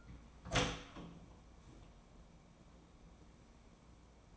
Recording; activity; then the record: daily activity, microphone in the room; open door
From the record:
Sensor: 1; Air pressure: 1012.3 hPa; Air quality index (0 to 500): 164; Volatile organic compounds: 3 ppm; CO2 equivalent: 1346 ppm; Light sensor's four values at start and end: 848/1834/859/981 and 836/1805/847/966